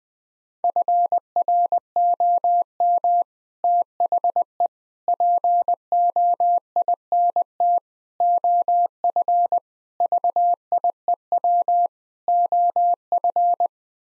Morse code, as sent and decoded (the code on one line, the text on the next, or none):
..-. .-. --- -- / - .... . / .--. --- .. -. - / --- ..-. / ...- .. . .-- / --- ..-.
FROM THE POINT OF VIEW OF